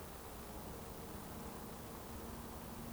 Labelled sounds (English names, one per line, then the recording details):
Eurasian Woodcock whistle
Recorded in Baden-Württemberg, Germany, on 24 June 2020 at 20:18 UTC
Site 14569, 102 m above sea level